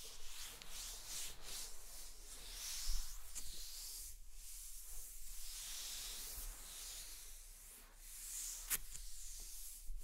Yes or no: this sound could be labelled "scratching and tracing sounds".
yes